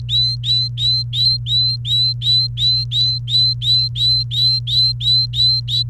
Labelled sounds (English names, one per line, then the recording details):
Domestic Canary song
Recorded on 29 April 2018 at 12:01
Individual llb3